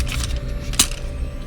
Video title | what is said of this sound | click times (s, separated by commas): Spirit Halloween Killer Klowns from Outer Space Popcorn Gun (2023) | going to go in and it's going to click into place | 0.8 s